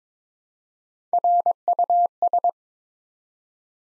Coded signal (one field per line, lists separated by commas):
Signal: Morse code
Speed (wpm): 22 wpm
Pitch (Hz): 700 Hz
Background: none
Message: RUS